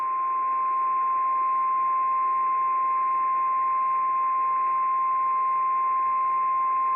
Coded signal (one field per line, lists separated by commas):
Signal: Emergency Alert System (SAME) tones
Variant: 853 and 960 Hz attention tone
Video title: MISSOULA TESTED EARLY THIS TIME... EAS Tests from November 2023 (EAS #3,227 - 3,290)